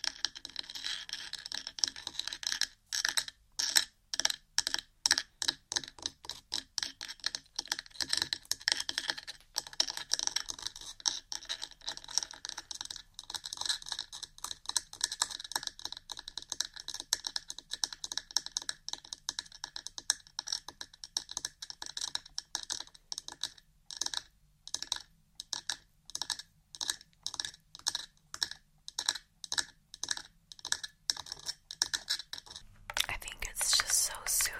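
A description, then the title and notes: Quick fingertip tapping runs almost nonstop, bright and crisp, with clusters of rapid taps broken by brief pauses. The rhythm is uneven, speeding into dense bursts and easing slightly, like nails drumming on a hard surface. A soft rustle closes the last seconds. Tapping.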